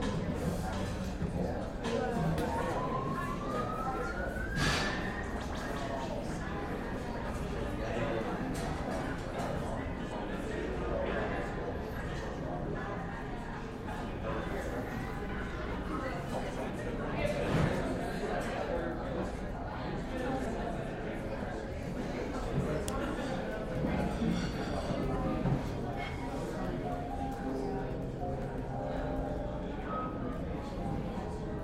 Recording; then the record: background sound without coughing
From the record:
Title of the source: 60 minutes of coffee shop sounds for study and concentration